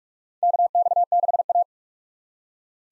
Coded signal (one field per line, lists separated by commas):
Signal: Morse code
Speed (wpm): 42 wpm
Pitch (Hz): 700 Hz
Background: none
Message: KX6A